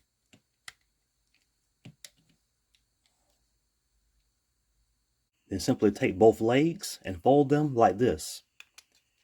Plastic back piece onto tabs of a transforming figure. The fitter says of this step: then push it down until the entire piece locks into place on the little tabs at the back